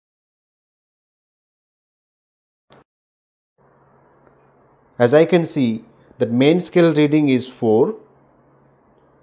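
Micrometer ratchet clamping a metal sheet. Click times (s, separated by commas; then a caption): 2.7 s. A micrometer screw gauge's ratchet is turned to close the spindle on a metal ruler used as the sheet, clamping it between stud and spindle, and the ratchet gives a single sharp click at 2.7 s. After a quiet stretch with a faint tick near 4.3 s, someone talks.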